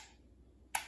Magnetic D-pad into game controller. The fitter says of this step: Pops right in, simple.